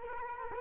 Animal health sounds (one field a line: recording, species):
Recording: mosquito wingbeat signal from an infrared sensor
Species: Culex quinquefasciatus